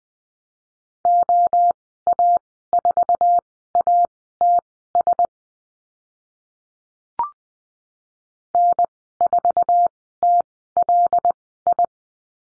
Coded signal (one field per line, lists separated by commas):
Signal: Morse code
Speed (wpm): 19 wpm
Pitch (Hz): 700 Hz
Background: none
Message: OA4ATS N4TLI